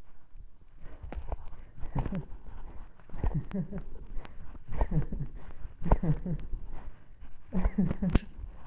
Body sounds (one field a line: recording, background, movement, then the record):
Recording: laughter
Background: quiet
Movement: walking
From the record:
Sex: male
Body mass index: 20.5 kg/m2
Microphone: on the chest, facing the body